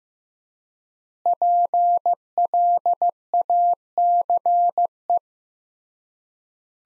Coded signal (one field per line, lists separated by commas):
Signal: Morse code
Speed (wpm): 15 wpm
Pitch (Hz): 700 Hz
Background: none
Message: PLACE